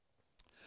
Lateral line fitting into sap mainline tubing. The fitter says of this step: these are simply put on put over the hole popped into place